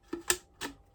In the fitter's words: together again you can hear it click shut